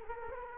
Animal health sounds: mosquito wingbeat signal from an infrared sensor; Culex quinquefasciatus

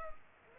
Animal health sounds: mosquito wingbeat signal from an infrared sensor; Culex pipiens

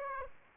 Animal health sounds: mosquito wingbeat signal from an infrared sensor; Aedes aegypti

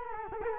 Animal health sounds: mosquito wingbeat signal from an infrared sensor; Culex quinquefasciatus

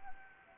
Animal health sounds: mosquito wingbeat signal from an infrared sensor; Anopheles arabiensis

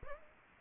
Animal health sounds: mosquito wingbeat signal from an infrared sensor; Aedes aegypti

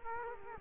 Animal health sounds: mosquito wingbeat signal from an infrared sensor; Culex quinquefasciatus

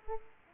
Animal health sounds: mosquito wingbeat signal from an infrared sensor; Aedes aegypti

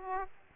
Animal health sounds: mosquito wingbeat signal from an infrared sensor; Aedes aegypti

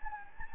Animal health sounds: mosquito wingbeat signal from an infrared sensor; Anopheles gambiae

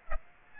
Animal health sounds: mosquito wingbeat signal from an infrared sensor; Aedes aegypti

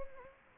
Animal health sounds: mosquito wingbeat signal from an infrared sensor; Anopheles gambiae

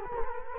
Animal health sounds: mosquito wingbeat signal from an infrared sensor; Culex quinquefasciatus

